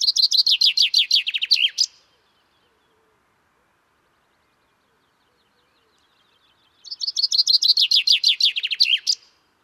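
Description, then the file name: Common chaffinch song: two bright descending rattling phrases about five seconds apart, each ending in a quick flourish, with silence between. "Fringilla coelebs"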